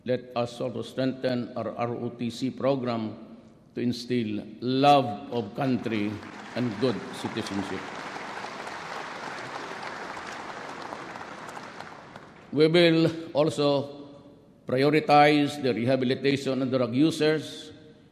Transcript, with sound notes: Let us also strengthen our ROTC Program to instill love of country and good citizenship. [applause]
We will also prioritize the rehabilitation of drug users.